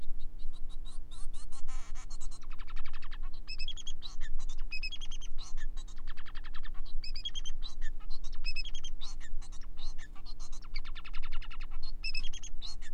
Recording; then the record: song of a male Bengalese finch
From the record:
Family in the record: son of father 4